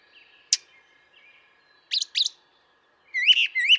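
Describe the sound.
Brown thrasher song: a sharp click, then a quick doubled pair of high slurred notes, and a repeated pair of rising whistled phrases near the end.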